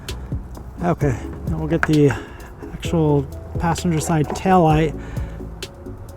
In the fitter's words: now as we're plugging in we'll hear a nice click to let us know we're locked in just like that okay